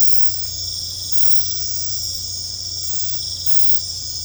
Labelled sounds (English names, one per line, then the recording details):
none
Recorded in secondary vegetation near Puerto Asís, Putumayo, Colombia, on 20 December 2024 at 20:30
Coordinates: 0.499, -76.323
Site G010